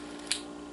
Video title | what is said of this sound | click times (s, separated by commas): Camara Canon EOS Rebel 2000 de 35mm (03) | Ya cuando se escucha ese clic ya está listo. | 0.3 s